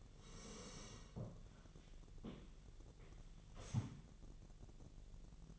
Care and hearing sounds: daily activity, microphone in the room; sit down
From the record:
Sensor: 4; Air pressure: 1001.2 hPa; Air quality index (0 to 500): 183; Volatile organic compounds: 2 ppm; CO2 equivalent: 1309 ppm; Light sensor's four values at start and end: 14/33/13/14 and 14/33/13/14

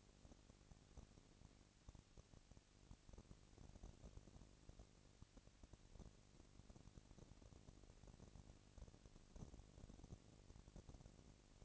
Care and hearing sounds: daily activity, microphone in the room; no activity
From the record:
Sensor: 4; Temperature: 22.4 degrees Celsius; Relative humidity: 31.9%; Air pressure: 997.9 hPa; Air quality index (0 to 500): 203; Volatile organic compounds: 17 ppm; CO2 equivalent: 2572 ppm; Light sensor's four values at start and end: 2/3/1/1 and 2/3/1/1

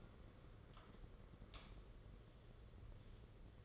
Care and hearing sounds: daily activity, microphone in the room; light on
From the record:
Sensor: 4

